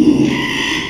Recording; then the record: squeal of a Yucatan mini pig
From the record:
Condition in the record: after surgery on the right vocal fold (resection and tissue-engineered implant); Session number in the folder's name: 1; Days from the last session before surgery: 6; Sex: male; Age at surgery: 12 weeks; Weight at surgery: 13 kg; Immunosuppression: cyclosporine, prednisolone